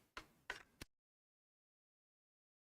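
Someone pushes the marked "push" spot on the bottom panel of an Asus PN51-S1 mini PC (Ryzen 5700U) and slides the bottom cover, which locks in place without screws. Three short ticks are heard at about 0.2, 0.5 and 0.8 s, the loudest at 0.5 s as the cover comes free. The cover is released and slides open.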